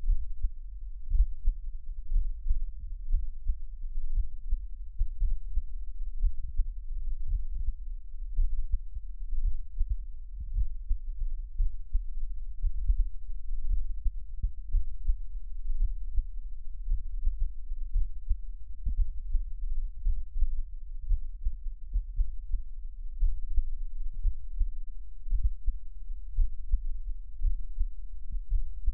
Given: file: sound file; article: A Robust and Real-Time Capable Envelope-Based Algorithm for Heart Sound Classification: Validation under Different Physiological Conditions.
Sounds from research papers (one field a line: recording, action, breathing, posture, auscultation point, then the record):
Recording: heart sounds by electronic stethoscope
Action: rest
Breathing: normal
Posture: lying on back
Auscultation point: Erb’s point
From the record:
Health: healthy, no known heart disease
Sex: male